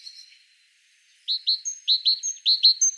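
Great tit: a short faint opening, then paired chirps, each bright and bending downward, repeated in a tight rhythm with thin higher notes.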